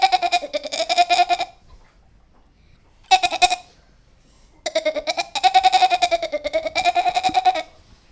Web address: goats chevre